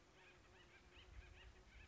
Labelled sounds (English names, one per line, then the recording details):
Acorn Woodpecker
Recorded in Sonoma County, California